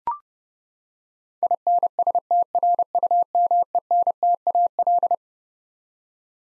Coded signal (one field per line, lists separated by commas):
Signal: Morse code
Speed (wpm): 30 wpm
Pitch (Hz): 700 Hz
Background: none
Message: INSTRUMENTAL